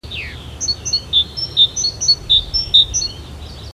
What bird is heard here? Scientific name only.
Parus major